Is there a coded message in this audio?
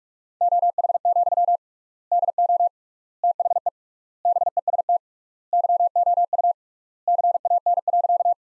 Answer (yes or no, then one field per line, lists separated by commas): yes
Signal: Morse code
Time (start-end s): 0.4-8.3 s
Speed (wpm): 47 wpm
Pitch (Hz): 700 Hz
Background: none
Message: OH, DO THE BEST YOU CAN.